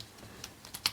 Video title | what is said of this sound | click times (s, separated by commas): How I brought A New Sony Action Cam for $50 plus a complete walkthrough of this HDR-AS20 camera | slides in like this, and it locks in place, okay? | 0.9 s